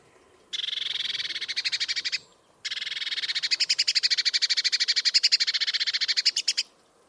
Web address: Bird Only